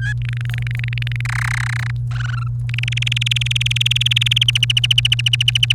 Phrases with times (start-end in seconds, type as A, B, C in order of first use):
0.00-0.13 A, 0.21-1.21 B, 1.25-1.91 C, 2.11-2.48 D, 2.69-4.51 E, 4.55-5.73 F